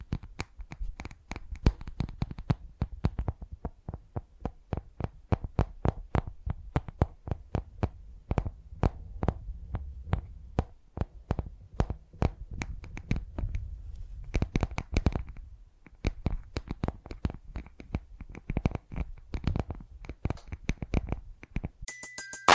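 Tingly tapping sounds: quick, sharp taps land in uneven bursts, sometimes several per second, with brief pauses around 3 and 15 seconds. A soft low rumble sits underneath, and a short bright tone appears right at the end.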